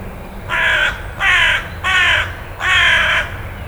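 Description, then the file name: Carrion crow cawing: four harsh, hoarse caws in succession, the last one slightly longer. "Corvus corone"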